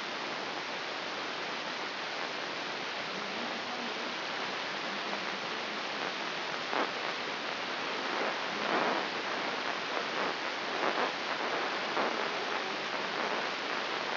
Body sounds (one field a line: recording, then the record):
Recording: brain microelectrode recording played as sound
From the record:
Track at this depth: inside the subthalamic nucleus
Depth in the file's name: 5.115 mm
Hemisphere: left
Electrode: 3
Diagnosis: Parkinson's disease